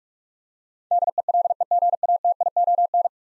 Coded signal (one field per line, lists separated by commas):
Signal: Morse code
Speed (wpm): 46 wpm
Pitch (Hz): 700 Hz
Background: none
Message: DELEGATION